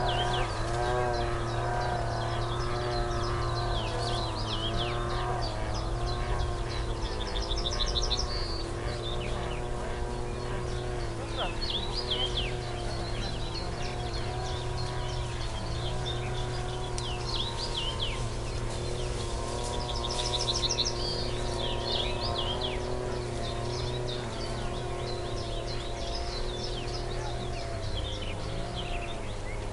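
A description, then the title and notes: Woodland sounds with many birds chirping and trilling high, calls overlapping densely and steadily for the whole stretch. Underneath runs a constant low droning hum, like an engine, keeping the overall level even throughout. Forest Echoes: Relaxing Nature Noises. Serene woodland noises.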